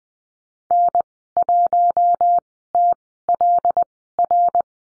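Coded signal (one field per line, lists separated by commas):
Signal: Morse code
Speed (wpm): 20 wpm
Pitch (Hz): 700 Hz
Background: none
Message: N1TLR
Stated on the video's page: Morse code course lesson on call signs and the number 5, Farnsworth speed 20/10 wpm.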